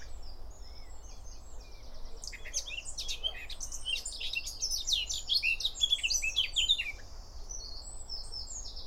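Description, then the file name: Eurasian blackcap: a quick, jumbled warble of high notes builds in the middle and ends with a few clearer whistles, over a faint low rumble. "Sylvia atricapilla"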